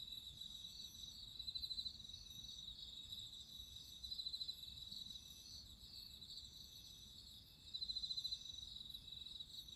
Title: Listen to nature crickets singing at midnight